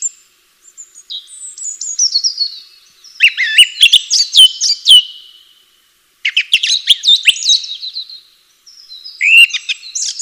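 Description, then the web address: Bird song: descending thin whistles lead into a dense burst of sharp chirps and trills, silence, then another chattering phrase and a final flourish. "atelierson sons birds"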